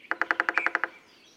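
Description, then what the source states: Acorn Woodpecker call, a quick even series of nine short clipped notes, roughly ten per second. Found in parts of the western U.S.; chips small holes into tree bark and stores acorns there, forming granaries a family may use for generations.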